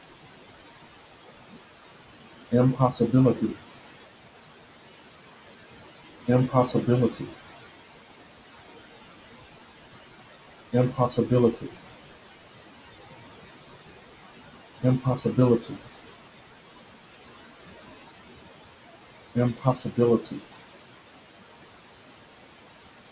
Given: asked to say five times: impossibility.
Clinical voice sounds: repeated word; male; 40 to 49 years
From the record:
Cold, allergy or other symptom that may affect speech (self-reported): no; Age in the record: 49 years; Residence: Texas, United States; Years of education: 16

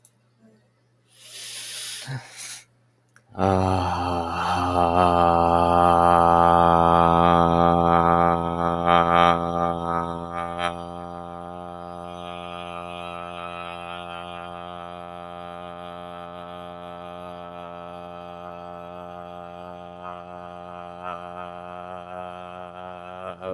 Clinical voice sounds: vowel held as long as possible; male; 20 to 29 years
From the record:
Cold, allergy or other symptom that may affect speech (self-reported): no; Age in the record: 29 years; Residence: United States

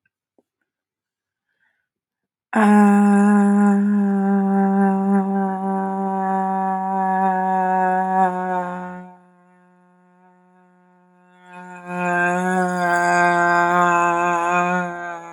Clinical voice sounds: vowel held as long as possible; female; 30 to 39 years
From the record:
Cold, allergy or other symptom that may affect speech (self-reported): no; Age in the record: 34 years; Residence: United States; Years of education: 19

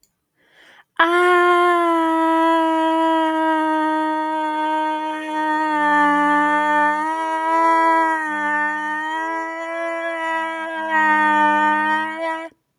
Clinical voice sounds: vowel held as long as possible; female; 20 to 29 years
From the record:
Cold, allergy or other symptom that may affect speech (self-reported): no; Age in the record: 21 years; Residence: Virginia, United States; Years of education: 16

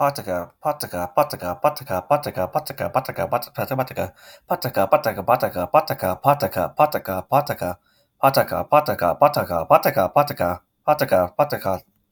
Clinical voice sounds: repeated syllables /pa ta ka/; male; 40 to 49 years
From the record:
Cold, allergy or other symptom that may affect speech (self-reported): no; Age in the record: 42 years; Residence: Arizona, United States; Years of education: 16

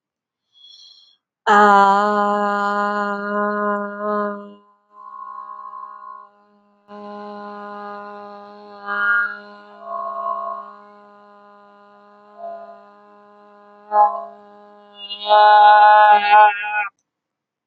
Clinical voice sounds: vowel held as long as possible; female; 40 to 49 years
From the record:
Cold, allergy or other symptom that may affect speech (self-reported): no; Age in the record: 44 years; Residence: Florida, United States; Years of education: 14

